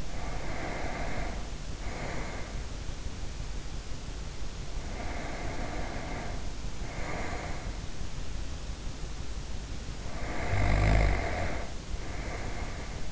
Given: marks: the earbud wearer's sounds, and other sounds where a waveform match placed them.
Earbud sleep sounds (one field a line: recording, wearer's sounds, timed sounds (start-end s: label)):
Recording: sounds in sleep by an in-ear microphone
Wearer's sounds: breath, snoring breath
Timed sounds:
0.00-2.86 s: breath
4.68-7.99 s: breath
10.00-13.12 s: snoring breath